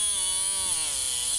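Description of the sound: Steady electric buzz with a slowly wavering pitch from a motorized trimmer cutting an alpaca's incisor tips in routine dental care; only the very top tip of the continuously growing teeth is cut off, while the root and living part of the tooth lie far down.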